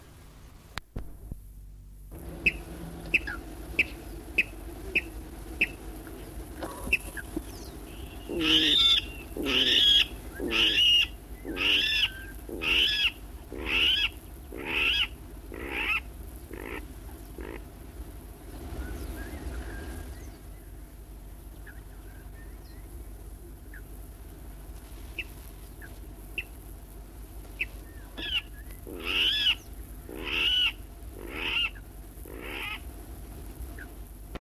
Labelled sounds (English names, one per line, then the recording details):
Water Rail
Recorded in the wild
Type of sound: song, call
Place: Halle, Sachsen-Anhalt, DE
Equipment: Optacord 412, LDM 2, Parabolreflektor
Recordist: Stiefel, Arnd
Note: Wasserralle, aufgenommen bei Halle 1964. Rufe (Quieken) und Rufreihe